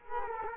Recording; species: mosquito wingbeat signal from an infrared sensor; Culex quinquefasciatus